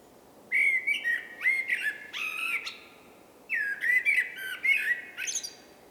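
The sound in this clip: Common blackbird song: two loud, rich, flute-like phrases of warbled whistles, each closing with higher scratchy twitters, separated by a brief pause.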